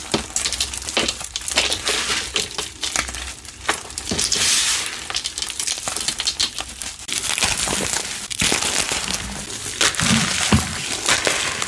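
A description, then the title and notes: Chalk blocks and cornstarch crunchies are crushed, giving a dense, continuous stream of gritty crackling and crumbling that runs the full twelve seconds. The sound is bright and hissy, with sharper snaps scattered throughout, especially near four, eight and ten seconds. Dyed Chalk Bombs Overload! Crushing dyed gym chalk blocks, carved chalk bombs, confetti explosion, glitter overload, cornstarch crunchies.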